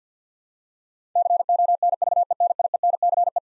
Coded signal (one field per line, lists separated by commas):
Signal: Morse code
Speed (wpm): 50 wpm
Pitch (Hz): 700 Hz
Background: none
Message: CONVENIENCE